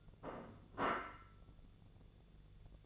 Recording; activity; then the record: daily activity, microphone in the room; place plate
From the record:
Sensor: 4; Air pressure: 1001.0 hPa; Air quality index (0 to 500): 144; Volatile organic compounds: 2 ppm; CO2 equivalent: 1059 ppm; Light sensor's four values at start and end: 25/60/24/26 and 25/60/24/26